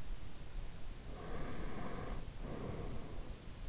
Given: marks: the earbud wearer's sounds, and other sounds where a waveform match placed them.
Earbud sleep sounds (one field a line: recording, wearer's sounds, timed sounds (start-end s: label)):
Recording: sounds in sleep by an in-ear microphone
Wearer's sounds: breath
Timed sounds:
1.15-3.38 s: breath